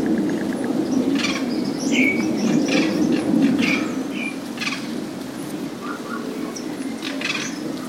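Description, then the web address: Bird gives scattered quick chirps over a steady low rumbling background. "os passaros"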